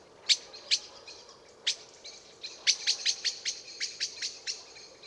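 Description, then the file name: Eurasian blackbird calling with hard, ticking notes, spaced at first and then speeding into a fast, slightly uneven series of clicks. "Turdus merula"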